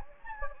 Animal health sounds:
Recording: mosquito wingbeat signal from an infrared sensor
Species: Anopheles gambiae

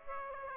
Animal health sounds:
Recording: mosquito wingbeat signal from an infrared sensor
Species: Aedes aegypti

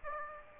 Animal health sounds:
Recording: mosquito wingbeat signal from an infrared sensor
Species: Aedes aegypti

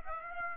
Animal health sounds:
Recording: mosquito wingbeat signal from an infrared sensor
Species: Aedes aegypti

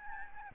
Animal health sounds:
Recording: mosquito wingbeat signal from an infrared sensor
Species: Aedes albopictus

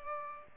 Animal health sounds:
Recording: mosquito wingbeat signal from an infrared sensor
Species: Culex pipiens

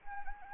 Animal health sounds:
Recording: mosquito wingbeat signal from an infrared sensor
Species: Anopheles gambiae

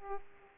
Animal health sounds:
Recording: mosquito wingbeat signal from an infrared sensor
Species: Aedes aegypti

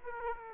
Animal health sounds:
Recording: mosquito wingbeat signal from an infrared sensor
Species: Aedes aegypti

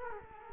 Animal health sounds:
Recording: mosquito wingbeat signal from an infrared sensor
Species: Culex quinquefasciatus

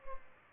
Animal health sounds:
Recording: mosquito wingbeat signal from an infrared sensor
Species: Culex pipiens

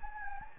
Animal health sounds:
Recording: mosquito wingbeat signal from an infrared sensor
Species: Anopheles gambiae

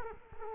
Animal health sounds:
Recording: mosquito wingbeat signal from an infrared sensor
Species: Culex quinquefasciatus

